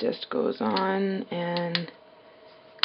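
Someone talks while a plastic flip case is pressed onto a smartphone that has a protective skin on it. A single sharp snap comes at 2.8 s. Because of the skin, the case is only partly on: it does not fit and is not fully clicked into place.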